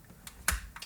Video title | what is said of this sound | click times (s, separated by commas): Видеорегистратор Xiaomi 70mai Dash Cam Lite обзор, подключение, пример видео | Tout est fait de très bonne qualité, le connecteur ne se desserrera pas, on sent que tout est bien encliqueté et fixé. | 0.5 s